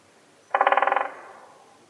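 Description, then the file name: Great spotted woodpecker giving one short rattling call of about a dozen rapid notes that fade at the end. "dyatel bolshoy pestryy golos"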